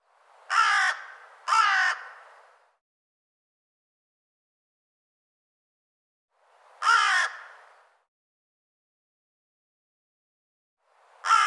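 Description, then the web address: Bird giving harsh caws: a quick pair near the start, a single caw several seconds later, and another at the very end, with silence between. "cianscape birddata Deverinetal 2025"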